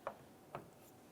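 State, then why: Seated. A plastic rear wiper blade post for a 2009-2015 Honda Pilot is set into the wiper arm and twisted until it locks. A sharp snap at 0.1 s seats the blade on the arm, followed by a second, slightly quieter click near 0.6 s against a low background.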